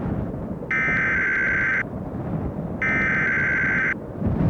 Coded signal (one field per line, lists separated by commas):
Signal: Emergency Alert System (SAME) tones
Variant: header bursts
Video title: The Squall From Hell | Upper Michigan (EAS Scenario)